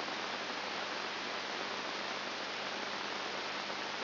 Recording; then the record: brain microelectrode recording played as sound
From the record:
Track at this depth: inside the subthalamic nucleus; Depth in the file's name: 0.707 mm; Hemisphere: left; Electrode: 2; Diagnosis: Parkinson's disease